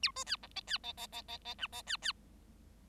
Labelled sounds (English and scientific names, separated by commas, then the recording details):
Bengalese Finch (Lonchura striata domestica) song
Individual Bird7